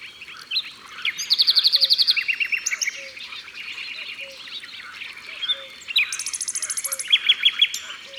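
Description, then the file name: Common nightingale song: varied high phrases with fast repeated clicking notes, sharp whistles and trills, while a soft low note repeats steadily underneath. Song recorded by the water. "Rossignol philomele Au bord de leau"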